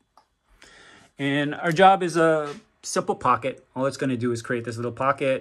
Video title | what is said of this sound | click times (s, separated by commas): Custom designed dust shoe test for the Stepcraft ATC Tool Magazine w/Dust Boot Control | let's go ahead and run this test i'll go ahead and attach it you can see it snap into place | 0.2 s, 0.6 s